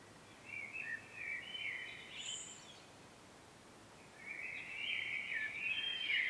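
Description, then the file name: Common blackbird song, quieter: a short fluted warble with a thin high note, a gap, then another warbling phrase swelling louder at the end. "Turdus merula"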